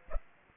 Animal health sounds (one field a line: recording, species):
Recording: mosquito wingbeat signal from an infrared sensor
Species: Aedes aegypti